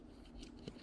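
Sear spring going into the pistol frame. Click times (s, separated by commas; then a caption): 0.7 s. A Beretta 92 sear spring and sear assembly is slid up from the bottom into the pistol frame. A faint metallic click sounds at 0.7 s as it seats in place.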